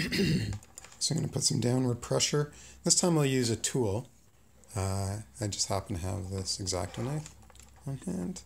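Someone talks while handling a small encoder circuit board being fitted into a servo motor housing, getting ready to press it down with an X-Acto knife and pull back a plastic retaining wing. Nothing has seated or clicked yet.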